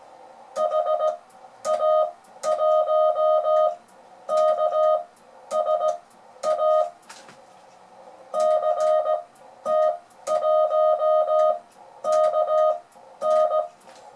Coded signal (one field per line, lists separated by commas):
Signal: Morse code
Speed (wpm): 17 wpm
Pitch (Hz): 620 Hz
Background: music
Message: HA1KSA CT1KN